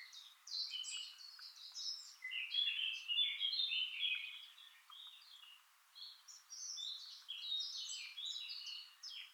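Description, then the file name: Eurasian blackcap singing a fast, scratchy warble of high chattering notes, two dense bursts separated by a brief pause, with no other clear sounds. "Sylvia atricapilla"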